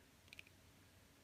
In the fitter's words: see snaps right into place comes